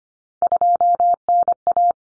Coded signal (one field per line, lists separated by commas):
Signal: Morse code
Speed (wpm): 25 wpm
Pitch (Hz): 700 Hz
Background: none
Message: 2NA